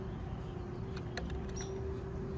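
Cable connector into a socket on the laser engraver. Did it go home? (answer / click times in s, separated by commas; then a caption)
no / none. A cable connector with a small latch lever facing the rear is handled and pushed toward its socket on an ELEGOO Phecda 20W CNC laser engraver. Over a steady low hum, a few faint handling taps are heard around 1.0, 1.2 and 1.3 seconds. The connector has not clicked or seated yet by the end of the clip.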